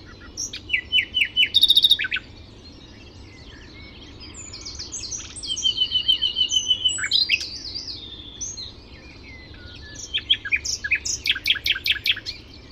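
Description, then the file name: Common nightingale song: a fast series of repeated notes, a harsh buzzy burst, then later rattling trills. "Luscinia megarhynchos"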